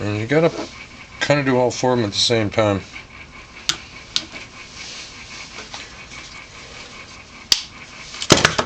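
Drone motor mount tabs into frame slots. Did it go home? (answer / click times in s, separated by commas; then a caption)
yes / 3.7 s, 4.2 s, 7.5 s. Someone talks while pressing the four plastic tabs on a DJI Spark motor mount together into the slots of the drone's middle frame during a motor replacement. Sharp clicks come at 3.7, 4.2 and 7.5 seconds as the tabs snap in, with the last one snapping right into place, and a few more short sharp sounds follow near the end. The motor mount is seated.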